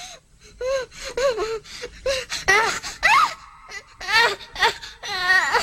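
Frantic screaming and wailing in a series of loud, high, wavering cries that swoop up and down in pitch, broken by sharp gasping breaths between them.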